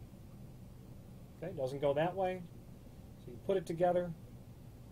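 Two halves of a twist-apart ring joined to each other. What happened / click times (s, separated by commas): Handled, not yet home: twist-apart ring snaps back together / none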